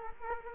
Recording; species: mosquito wingbeat signal from an infrared sensor; Culex quinquefasciatus